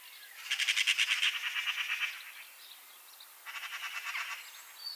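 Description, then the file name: Eurasian magpie harsh rattling chatter, a long burst of rapid grating notes lasting over a second, then a shorter softer burst after a pause. "Pica pica"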